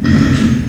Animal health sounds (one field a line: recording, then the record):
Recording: squeal of a Yucatan mini pig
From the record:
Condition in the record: after surgery on the right vocal fold (resection and tissue-engineered implant)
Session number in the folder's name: 9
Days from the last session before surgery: 65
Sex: female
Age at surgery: 19 weeks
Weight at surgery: 25 kg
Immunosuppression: prednisolone